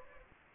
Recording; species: mosquito wingbeat signal from an infrared sensor; Anopheles gambiae